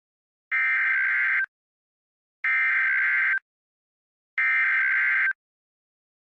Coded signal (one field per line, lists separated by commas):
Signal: Emergency Alert System (SAME) tones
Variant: header bursts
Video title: EAS Scenario:TWISTER CHAOS! (Part 1)